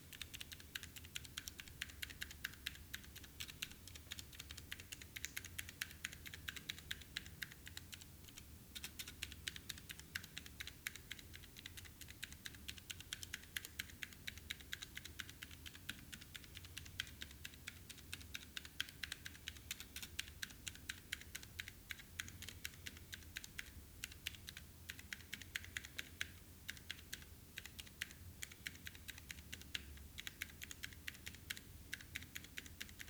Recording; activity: daily activity, guitar pickup as the sensor; type